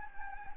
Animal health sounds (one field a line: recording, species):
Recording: mosquito wingbeat signal from an infrared sensor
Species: Anopheles gambiae